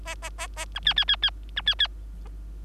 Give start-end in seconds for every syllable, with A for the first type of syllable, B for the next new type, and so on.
0.05-0.15 A, 0.22-0.29 A, 0.38-0.47 A, 0.56-0.65 A, 0.75-0.80 B, 0.85-0.94 C, 0.96-1.05 C, 1.08-1.16 C, 1.22-1.30 C, 1.56-1.62 B, 1.66-1.75 C, 1.79-1.88 C